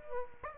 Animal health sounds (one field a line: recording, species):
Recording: mosquito wingbeat signal from an infrared sensor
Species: Aedes aegypti